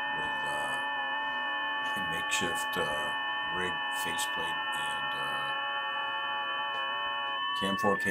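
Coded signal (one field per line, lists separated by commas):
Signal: FT8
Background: speech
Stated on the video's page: FT8 signals from POTA stations received on an Icom 7610 on 20 meters.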